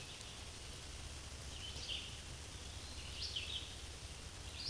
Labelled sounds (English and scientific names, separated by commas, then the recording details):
Scarlet Tanager (Piranga olivacea) song
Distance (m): 65 m
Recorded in a Pennsylvania forest on 19 May 2023 at 11:02
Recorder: AudioMoth, point grid1_27_low
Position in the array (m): 189 m, 35 m